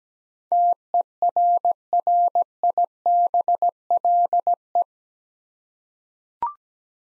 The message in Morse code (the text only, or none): TERRIBLE